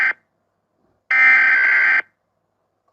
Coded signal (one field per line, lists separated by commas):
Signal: Emergency Alert System (SAME) tones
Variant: header bursts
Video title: Argentina eas alarm 1973 🇦🇷